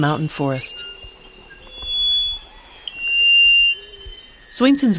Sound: Song of the Rufous-throated Solitaire

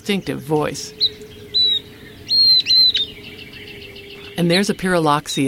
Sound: Northern Beardless Tyrannulet song

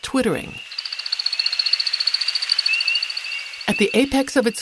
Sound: A bit of the twittering

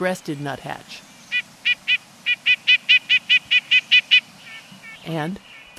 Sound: Repeat calls of Red-breasted Nuthatch

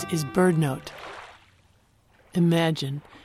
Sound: A summer morning, Lopez Island, waves lapping

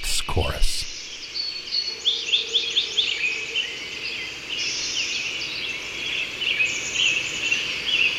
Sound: dawn chorus

